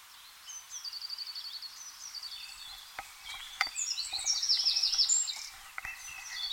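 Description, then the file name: Eurasian wren song of high, rapid trilled and twittering notes, growing louder toward the end, over hiss and a few sharp clicks. "Troglodytes troglodytes"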